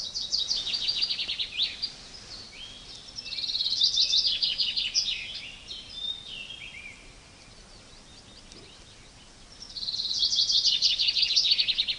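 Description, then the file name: Common chaffinch song: two descending phrases of quick notes back to back, then a quiet gap before a third trilled phrase begins. "Fringilla coelebs"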